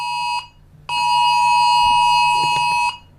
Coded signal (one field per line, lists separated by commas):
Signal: Emergency Alert System (SAME) tones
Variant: 853 and 960 Hz attention tone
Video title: EAS Scenario:1 Nuclear Attack